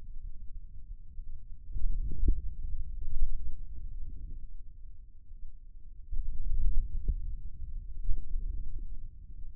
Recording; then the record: forearm muscle sounds (acoustic myography)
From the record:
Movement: hand closing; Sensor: system 2, bracelet of six BSWA MPA416 microphones around the upper forearm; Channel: 3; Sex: male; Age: 22 years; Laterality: right